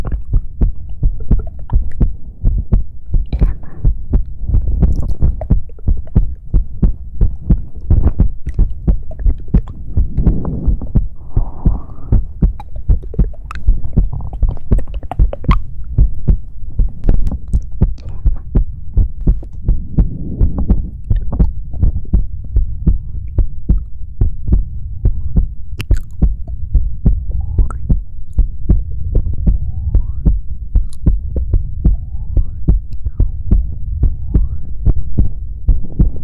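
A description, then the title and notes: Continuous mouth sounds: dense wet clicks and pops fall rapidly and unevenly for the whole stretch over a deep, muffled thumping rumble. A few softer, smeared swells stand out around ten to twelve seconds and again near twenty. ASMR mouth sounds.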